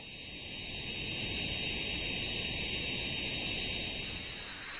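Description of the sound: A steady, high-pitched rushing hiss holds unchanged for about five seconds, then eases slightly at the end. It simulates one adult's tinnitus, a constant noisy ringing heard without outside sound, with a pitch and loudness that differ between people.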